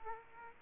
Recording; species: mosquito wingbeat signal from an infrared sensor; Aedes aegypti